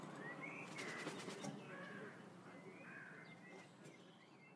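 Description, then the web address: Bird calling with thin whistled notes, some rising and some level, over a steady rough background noise with a burst of rapid clicking early on. "cianscape. Bird Only"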